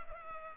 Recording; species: mosquito wingbeat signal from an infrared sensor; Culex pipiens